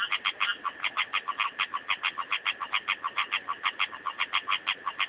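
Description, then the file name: Rocket frog giving a rapid, continuous train of short nasal pulses, evenly spaced throughout, over a faint hissing background. "litoria nasuta"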